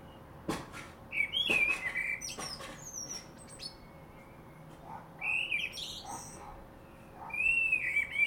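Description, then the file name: Common blackbird singing whistled phrases that end in thin high squeaks, three bursts separated by pauses, with a few sharp clicks early on over a steady faint hum. "Turdus merula"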